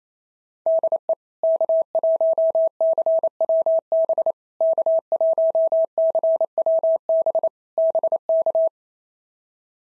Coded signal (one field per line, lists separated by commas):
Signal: Morse code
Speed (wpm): 28 wpm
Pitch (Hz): 650 Hz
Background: none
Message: DE K1CWB K1CWB BK